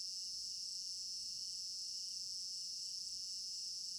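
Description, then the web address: Continuous cricket chirping, a bright high chorus with a softer pulsing layer beneath. Crickets in an African village garden at night; stereo binaural recording. "African-Village Garden Night Crickets Stereo-Binaural. immersive sound library"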